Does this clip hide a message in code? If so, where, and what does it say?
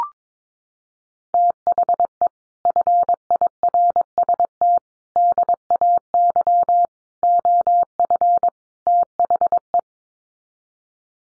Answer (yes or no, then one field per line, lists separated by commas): yes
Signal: Morse code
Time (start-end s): 1.3-9.8 s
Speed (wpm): 22 wpm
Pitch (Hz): 700 Hz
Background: none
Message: THE FIRST DAY OF THE